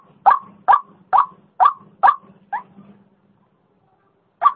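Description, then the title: White-breasted waterhen call, six hoarse, nasal notes about half a second apart over a low steady hum, then a pause and one final note. Female; recording used as a lure sound (pikat). "Suara Pikat Ruak Ruak Betina"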